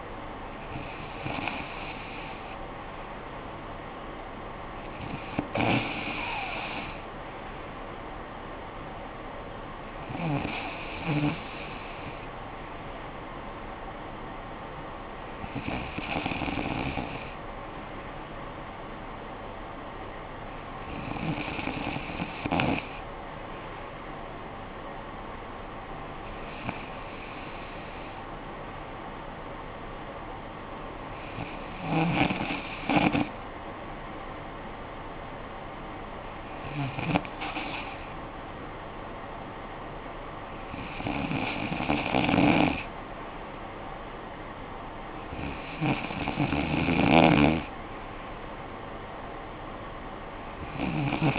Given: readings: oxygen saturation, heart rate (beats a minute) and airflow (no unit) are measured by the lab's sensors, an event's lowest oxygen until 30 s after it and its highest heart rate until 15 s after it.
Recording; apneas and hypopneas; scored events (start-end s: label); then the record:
breathing in sleep by a voice recorder at the bedside; none
none scored
From the record:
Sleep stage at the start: N2 (light sleep); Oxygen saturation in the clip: 94 to 95%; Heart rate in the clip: 51 to 58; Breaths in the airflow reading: 10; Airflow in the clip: -10.0 to 6.0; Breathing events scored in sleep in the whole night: 445 in 7.6 hours asleep